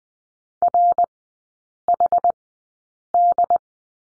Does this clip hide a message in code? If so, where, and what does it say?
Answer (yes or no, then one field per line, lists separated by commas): yes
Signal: Morse code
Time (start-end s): 0.6-3.6 s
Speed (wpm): 20 wpm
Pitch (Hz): 700 Hz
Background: none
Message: R H D